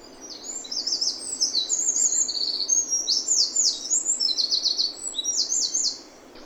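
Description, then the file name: Eurasian wren song, a loud high outpouring of rapid trills and sharp notes lasting over five seconds, with a faint steady background hiss. "Troglodytes troglodytes"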